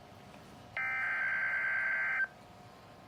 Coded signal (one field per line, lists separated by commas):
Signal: Emergency Alert System (SAME) tones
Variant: header bursts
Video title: EAS #17 - CONSIDERABLE Severe Thunderstorm Warning for Eastern DFW! [70 MPH WINDS] (March 4, 2025)